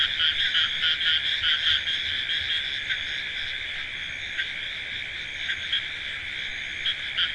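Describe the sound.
Frogs calling in a dense chorus: a steady shrill trill with louder pulsed croaks mostly in the first two seconds and a few later.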